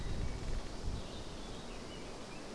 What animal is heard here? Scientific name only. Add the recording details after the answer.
Sylvia atricapilla. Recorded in Germany. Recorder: ecoPi